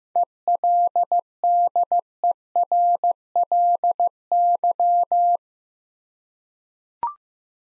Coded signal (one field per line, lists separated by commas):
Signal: Morse code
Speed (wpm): 15 wpm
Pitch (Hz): 700 Hz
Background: none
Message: ELDERLY